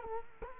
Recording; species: mosquito wingbeat signal from an infrared sensor; Culex quinquefasciatus